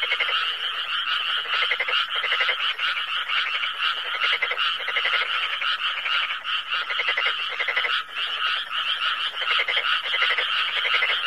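Frog chorus of fast, pulsing croaks from many callers, a steady rattling wall of sound with brief dips in intensity.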